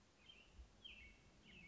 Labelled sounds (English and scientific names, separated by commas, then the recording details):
American Robin (Turdus migratorius)
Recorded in Sonoma County, California